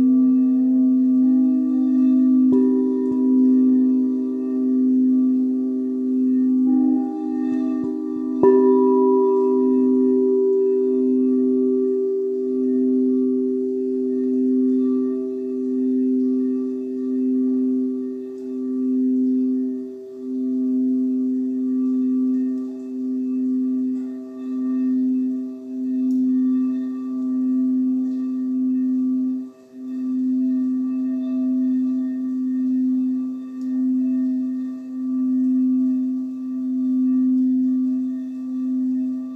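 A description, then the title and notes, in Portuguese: Quartz singing bowls ring with a steady low tone that pulses in a slow, regular wobble throughout. A few higher bowl tones enter in the first ten seconds, one strike near eight seconds adding a brighter note that lingers. The sound stays sustained and unbroken. Breve Relax com as Tigelas de Quartzo.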